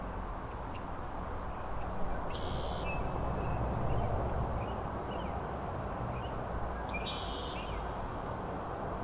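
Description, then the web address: Frogs calling in chorus: a thick steady background roar, scattered short chirps, and two louder buzzy bursts. Frog chorus at Grafton Lake, recorded 3 May 2009. "The Frog Chorus Tunes Up On Grafton Lake"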